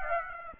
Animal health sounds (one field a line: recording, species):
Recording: mosquito wingbeat signal from an infrared sensor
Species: Aedes aegypti